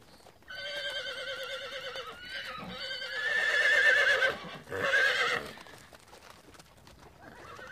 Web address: horse